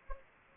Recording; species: mosquito wingbeat signal from an infrared sensor; Anopheles gambiae